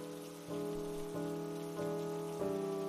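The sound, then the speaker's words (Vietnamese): Cold night rain pours down in an even, continuous hiss, with a low sustained droning tone underneath that shifts slightly every half second or so. No voices are heard. “Cả hai vợ chồng gào khóc thảm thiết với cơn mưa đêm lạnh giá.”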